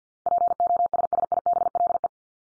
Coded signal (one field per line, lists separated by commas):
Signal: Morse code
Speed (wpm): 50 wpm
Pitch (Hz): 700 Hz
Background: none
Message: POSSIBLE